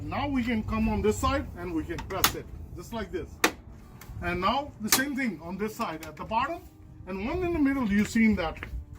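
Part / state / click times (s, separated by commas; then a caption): front grille clip into body mounting point / not seated / none. Someone talks while pressing the plastic front grille of a Chevrolet Trailblazer onto its clips at the body mounting points, working along the side and toward the bottom. A few brief handling knocks are heard under the voice, but nothing has seated or clicked yet by the end of the clip.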